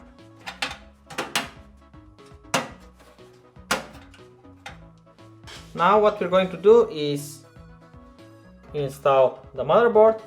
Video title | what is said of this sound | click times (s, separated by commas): Cooler Master K501L - on the budget, but is it good? | you should hear a click | 0.6 s, 1.4 s, 2.6 s, 3.7 s